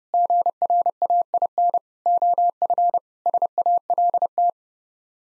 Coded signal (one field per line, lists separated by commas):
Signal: Morse code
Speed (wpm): 29 wpm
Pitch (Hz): 700 Hz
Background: none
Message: GRAIN OF SALT